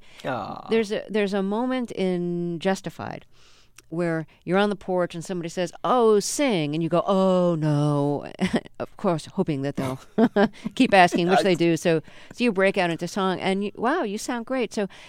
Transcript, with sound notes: There's a moment in "Justified" where you're on the porch and somebody says oh, sing. And you go, oh no, of course hoping that they'll...
(SOUNDBITE OF LAUGHTER)
...keep asking, which they do, so you break out into song, and wow, you sound great.